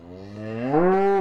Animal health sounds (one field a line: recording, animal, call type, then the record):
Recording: contact call of a hoofed animal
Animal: cattle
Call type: low-frequency (closed-mouth) or high-frequency (open-mouth) call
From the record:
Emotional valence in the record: negative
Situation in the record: full separation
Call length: 1.21 s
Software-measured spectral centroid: 930 Hz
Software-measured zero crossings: 1000 a second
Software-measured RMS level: -22 dBFS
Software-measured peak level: -8 dBFS